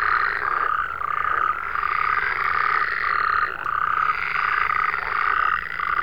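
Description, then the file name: Frog chorus, many overlapping croaks in a dense pulsing mass that swells and eases repeatedly, with no other clear sounds. "Digiffects Sound Effects Library - Frogs"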